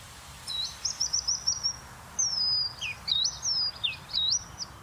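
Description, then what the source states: Bluethroat song with mimicry, a stuttering series of high notes, then a long descending whistle and several looping slurred whistles in quick sequence. Recorded in the Rijnstrangen; within four seconds the bluethroat imitates a green sandpiper, a kingfisher and a redshank.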